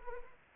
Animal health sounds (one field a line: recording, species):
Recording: mosquito wingbeat signal from an infrared sensor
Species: Anopheles arabiensis